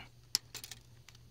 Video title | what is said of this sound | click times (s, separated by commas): Badcube Sunsurge | do it there you go and it just snaps in place and that makes this whole portion of the leg sturdy and strong right | 0.3 s